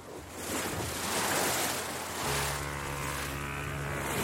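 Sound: ocean waves and surf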